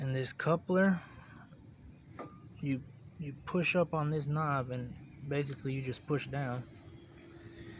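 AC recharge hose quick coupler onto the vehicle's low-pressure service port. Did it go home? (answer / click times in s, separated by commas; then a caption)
no / none. Someone talks while handling the quick-connect coupler on an AC recharge hose, pushing up on its knob and starting to push it down onto the car's low-pressure AC service port. A brief faint tap is heard at 2.2 s. The coupler has not snapped or locked onto the port yet.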